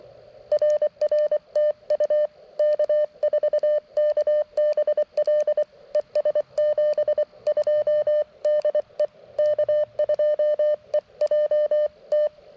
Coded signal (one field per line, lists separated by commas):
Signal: Morse code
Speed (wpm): 24 wpm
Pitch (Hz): 600 Hz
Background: none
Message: RR TU K4KBL ES 72 DE K2EJT